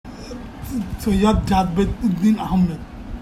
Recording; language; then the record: elicited speech; Bengali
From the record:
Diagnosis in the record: Broca's or global aphasia after a stroke